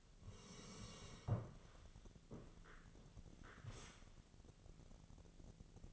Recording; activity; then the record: daily activity, microphone in the room; sit down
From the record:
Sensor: 4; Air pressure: 1001.3 hPa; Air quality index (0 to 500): 183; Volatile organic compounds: 2 ppm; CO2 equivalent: 1310 ppm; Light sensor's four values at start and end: 15/34/14/14 and 15/34/14/14